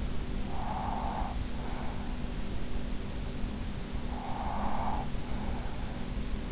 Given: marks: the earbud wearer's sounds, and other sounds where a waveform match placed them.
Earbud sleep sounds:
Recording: sounds in sleep by an in-ear microphone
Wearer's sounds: breath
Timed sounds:
0.00-2.68 s: breath
3.52-6.43 s: breath

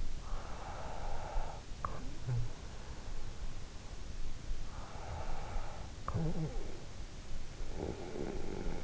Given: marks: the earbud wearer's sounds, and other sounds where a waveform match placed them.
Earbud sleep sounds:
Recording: sounds in sleep by an in-ear microphone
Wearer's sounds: breath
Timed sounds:
0.31-2.70 s: breath
4.45-8.84 s: breath

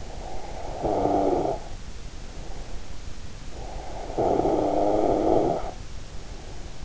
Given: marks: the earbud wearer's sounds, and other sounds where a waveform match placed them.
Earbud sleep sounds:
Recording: sounds in sleep by an in-ear microphone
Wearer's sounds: snoring breath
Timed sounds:
0.00-3.07 s: snoring breath
3.71-6.78 s: snoring breath

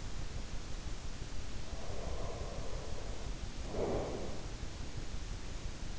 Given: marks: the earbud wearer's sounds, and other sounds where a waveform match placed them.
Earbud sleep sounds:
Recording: sounds in sleep by an in-ear microphone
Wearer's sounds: breath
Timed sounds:
1.53-4.62 s: breath

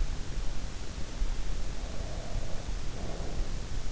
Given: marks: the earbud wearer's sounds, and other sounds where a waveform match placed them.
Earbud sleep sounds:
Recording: sounds in sleep by an in-ear microphone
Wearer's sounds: breath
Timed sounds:
1.56-3.82 s: breath

